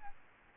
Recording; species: mosquito wingbeat signal from an infrared sensor; Aedes albopictus